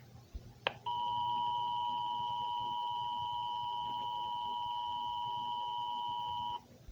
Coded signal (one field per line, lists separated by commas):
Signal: Emergency Alert System (SAME) tones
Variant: 853 and 960 Hz attention tone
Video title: May 3 1999 (historical eas Scenario)